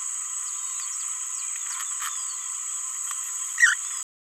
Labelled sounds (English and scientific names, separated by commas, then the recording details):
Green-rumped Parrotlet (Forpus passerinus) babbling
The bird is a male
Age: 28 days
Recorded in a nest box in Venezuela
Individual 17B31A1